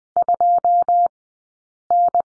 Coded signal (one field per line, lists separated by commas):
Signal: Morse code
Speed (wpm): 20 wpm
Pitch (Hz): 700 Hz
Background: none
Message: 2N